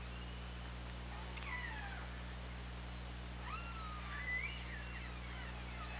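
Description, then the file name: Killer whale calls, two bouts of harmonic sweeping cries, the second rising and then falling, heard over a steady low underwater hum. Recorded on the OrcaLab hydrophone, 24 August 2017, at 20:23. "Orca Lab UTLN JASON 20170824"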